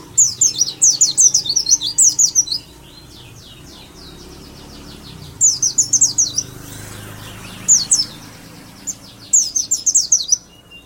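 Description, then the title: White-eye singing rapid, high twittering bursts separated by pauses. Dakun-type white-eye from Malang, singing in the fast ngalas style. "Pleci dakun malang ngalas speed (Semut Merah)"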